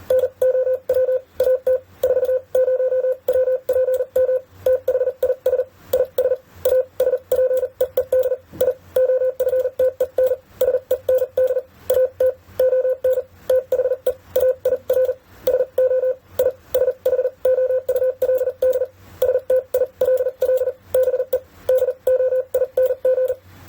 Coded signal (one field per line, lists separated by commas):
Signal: Morse code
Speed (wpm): 39 wpm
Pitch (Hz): 510 Hz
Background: none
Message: NOW AT 40WPM THIS IS A SPEED I OFTEN SEND AT ON THE AIR SO I SHOULD STILL BE DOING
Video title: CW Speed vs Accuracy (sending) 30-55wpm #morsecodepractice #morsecode #morse